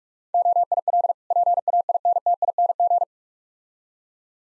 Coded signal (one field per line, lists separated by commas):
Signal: Morse code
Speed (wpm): 45 wpm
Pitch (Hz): 700 Hz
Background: none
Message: OIL PAINTING